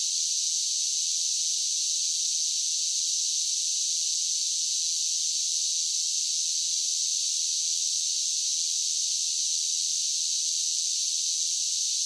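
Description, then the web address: Cicadas in full chorus, a dense high-pitched drone sustained evenly throughout without interruption. Large group of cicadas singing as a steady drone. "Blast Wave SSFX Cicadas Sing. cicadas large group steady drone insects bugs"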